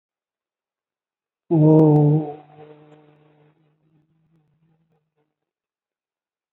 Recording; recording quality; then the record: sustained vowel as in boot; excellent, no background noise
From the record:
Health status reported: recovered from COVID-19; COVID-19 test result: positive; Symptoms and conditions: cough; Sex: male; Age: 49 years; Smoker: not ticked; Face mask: worn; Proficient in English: yes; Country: India